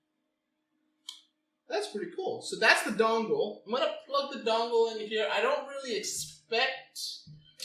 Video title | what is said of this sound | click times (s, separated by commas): HP x1000 Wireless Gaming Headset Unboxing and Overview - Bang for your buck! | done and dust it there you go let's snap right in there wow | 1.1 s